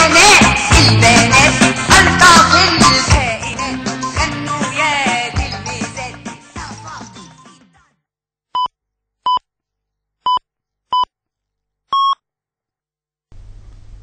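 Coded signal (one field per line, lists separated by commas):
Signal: radio time signal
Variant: Radio Cairo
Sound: music fades out, then five short beeps of about 1 kHz, roughly one per second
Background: music, radio static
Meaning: Marks the time 00:30 Cairo local time before the news bulletin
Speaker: Ao sinal horário meia-noite e 30, hora local do Cairo, 22h30, o TC, passamos a apresentar o seu boletim informativo.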